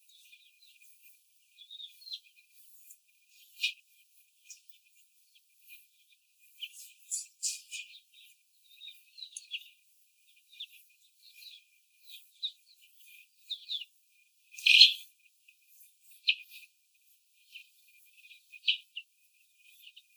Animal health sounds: young laying hens in a cage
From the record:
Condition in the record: before the stressor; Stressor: simulated dog barking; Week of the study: 4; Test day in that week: 1

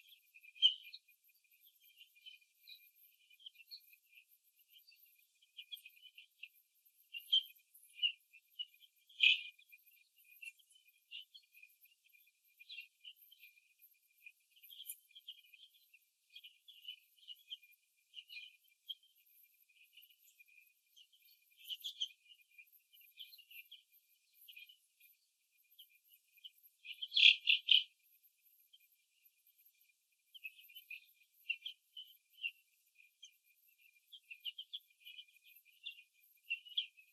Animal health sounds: young laying hens in a cage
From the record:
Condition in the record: after the stressor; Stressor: simulated dog barking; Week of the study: 2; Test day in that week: 3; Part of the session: 1

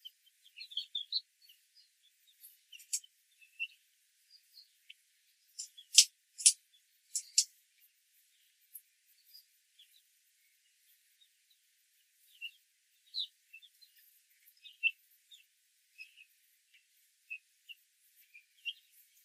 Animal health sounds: young laying hens in a cage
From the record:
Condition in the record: control cage, after the stress test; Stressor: none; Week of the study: 4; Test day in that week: 1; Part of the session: 1

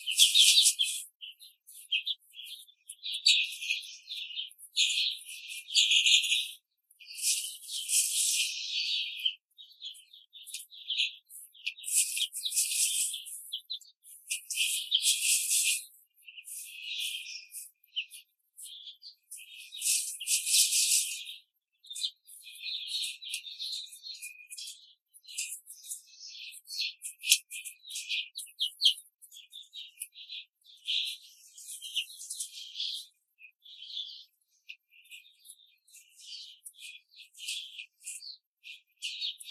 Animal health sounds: young laying hens in a cage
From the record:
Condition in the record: control cage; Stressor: none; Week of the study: 5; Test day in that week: 1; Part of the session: 4

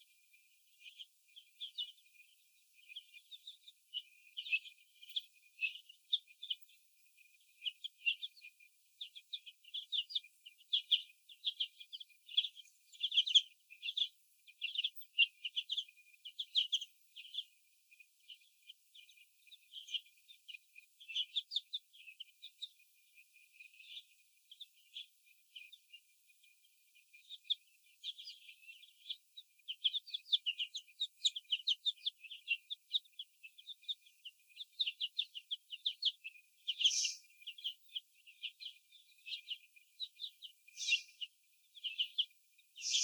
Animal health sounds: young laying hens in a cage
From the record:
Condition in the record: before the stressor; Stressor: sudden umbrella opening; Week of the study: 2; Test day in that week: 1

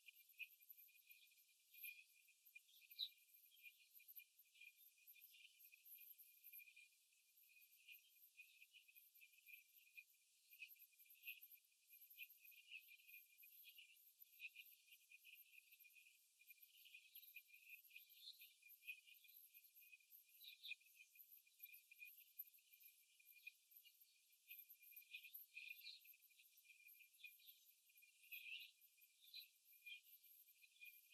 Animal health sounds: young laying hens in a cage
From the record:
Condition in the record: after the stressor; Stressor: simulated dog barking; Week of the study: 3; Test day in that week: 2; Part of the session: 3

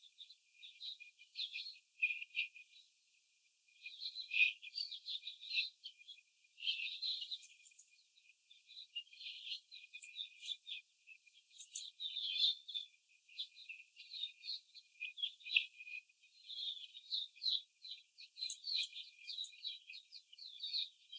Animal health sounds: young laying hens in a cage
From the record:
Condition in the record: after the stressor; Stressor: simulated dog barking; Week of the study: 4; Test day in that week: 3

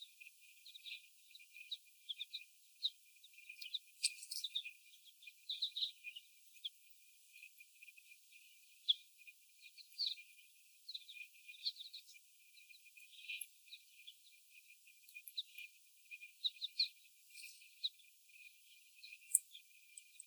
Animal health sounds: young laying hens in a cage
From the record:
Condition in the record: before the stressor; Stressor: sudden umbrella opening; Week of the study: 1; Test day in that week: 1

